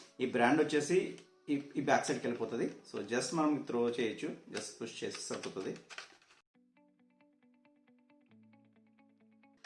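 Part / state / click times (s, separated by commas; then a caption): bottom cover onto a mini PC chassis / not seated / none. Someone talks while the bottom cover of an Intel NUC NUC7CJYH (Gemini Lake, J4005) mini PC is placed on the chassis and pushed to snap it on, with background music playing. After the talk ends around 6 s, only the music continues, and two faint sudden sounds come near 9.4 s and 9.7 s. Nothing has clicked or seated yet; the cover fails to click on and is to be opened again.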